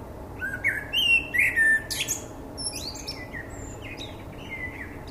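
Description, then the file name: Common blackbird song, a rich mellow warble followed by sharp high squeaks and softer twittering notes that fade toward the end. "Turdus merula"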